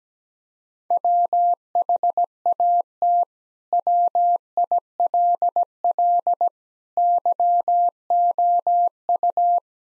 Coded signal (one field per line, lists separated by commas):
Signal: Morse code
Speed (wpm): 17 wpm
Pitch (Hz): 700 Hz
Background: none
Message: WHAT WILL YOU